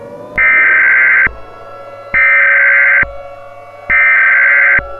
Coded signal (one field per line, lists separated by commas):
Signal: Emergency Alert System (SAME) tones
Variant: header bursts